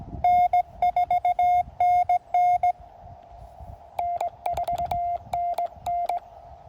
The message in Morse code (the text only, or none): N4NN N4NN